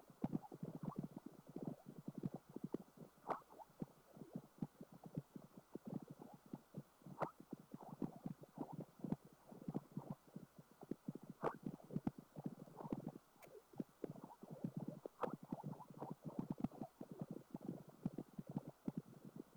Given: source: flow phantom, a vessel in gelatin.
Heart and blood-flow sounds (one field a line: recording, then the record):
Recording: Doppler ultrasound of air bubbles in flowing water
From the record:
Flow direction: perpendicular to the transducer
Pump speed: 200 rpm (720 mL/min)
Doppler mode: pulsed wave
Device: 7 MHz transducer